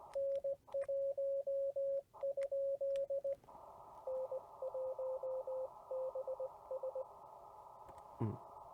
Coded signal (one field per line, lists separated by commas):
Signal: Morse code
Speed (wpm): 20 wpm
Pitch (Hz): 560 Hz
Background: radio noise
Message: N1? N1BS